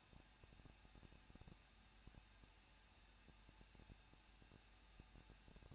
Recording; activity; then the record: daily activity, microphone in the room; no activity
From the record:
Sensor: 2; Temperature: 21.0 degrees Celsius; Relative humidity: 37.4%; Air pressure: 1006.2 hPa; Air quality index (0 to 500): 222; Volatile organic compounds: 24 ppm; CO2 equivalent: 2809 ppm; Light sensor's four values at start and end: 2/3/2/2 and 2/3/2/2